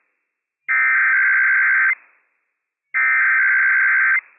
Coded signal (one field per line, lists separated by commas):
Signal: Emergency Alert System (SAME) tones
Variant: header bursts